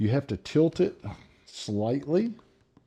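Someone talks while tilting a filter/dust cup assembly slightly to push it back into a handheld mattress vacuum, after the HEPA filter has been twisted to lock, with a short snort partway through. Nothing has seated or clicked yet.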